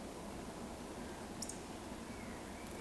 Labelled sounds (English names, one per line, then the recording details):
Eurasian Woodcock whistle
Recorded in Baden-Württemberg, Germany, on 15 June 2020 at 19:29 UTC
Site 14569, 102 m above sea level